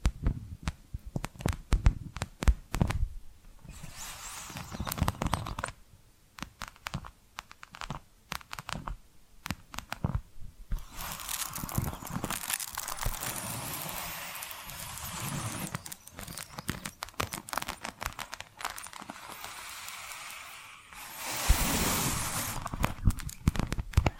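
Tapping and scratching sounds come in dense bursts of quick, irregular taps, broken by short pauses. Longer stretches of hissy, bright scratching run around 11 to 15 seconds and again near 21 to 23 seconds, with crinkling and papery textures between the taps.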